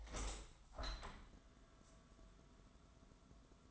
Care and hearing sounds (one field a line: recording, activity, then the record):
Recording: daily activity, microphone in the room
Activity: open window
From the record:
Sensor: 3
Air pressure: 1000.5 hPa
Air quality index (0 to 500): 173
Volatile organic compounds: 3 ppm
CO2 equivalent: 1496 ppm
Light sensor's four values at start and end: 13/34/13/15 and 14/35/14/16